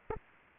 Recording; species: mosquito wingbeat signal from an infrared sensor; Aedes aegypti